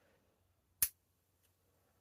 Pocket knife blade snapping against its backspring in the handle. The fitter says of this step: but it does have quite a nice snap to it I will say for quite a light pull you can really hear it snapping up